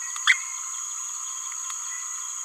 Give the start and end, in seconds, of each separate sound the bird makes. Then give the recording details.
0.27-0.33. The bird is a male. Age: 27 days. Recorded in a nest box in Venezuela. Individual 17B31A2